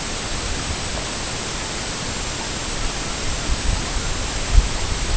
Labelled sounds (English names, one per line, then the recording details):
none
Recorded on Arctic tundra, site EABA-MC, on 22 June 2019
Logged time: 00:00